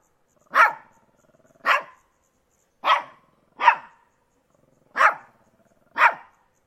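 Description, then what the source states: Shih Tzu barking: six short sharp yaps, loosely in pairs, with a faint whine before some of them. Small dog barking.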